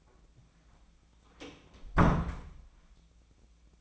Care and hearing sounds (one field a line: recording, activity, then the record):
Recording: daily activity, microphone in the room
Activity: close door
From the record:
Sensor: 1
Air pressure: 1009.2 hPa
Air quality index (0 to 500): 194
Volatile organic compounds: 4 ppm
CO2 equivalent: 1628 ppm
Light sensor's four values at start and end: 37/100/41/48 and 37/99/41/48